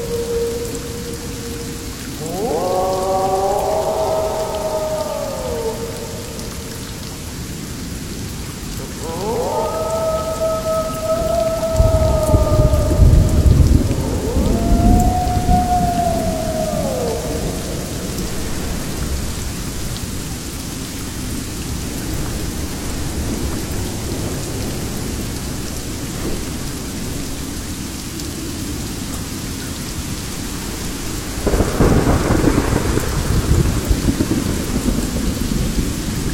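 Thunder and rain in a jungle, with a steady hiss of rain throughout and low rumbles rolling in around 12 seconds and again near 32 seconds. Wavering, tonal wolf howls rise and fall three times in the first 17 seconds.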